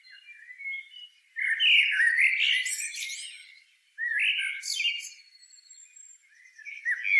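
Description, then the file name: Common blackbird, two rich warbling phrases with shrill high endings, separated by a short silence, then a third phrase beginning. "Turdus merula"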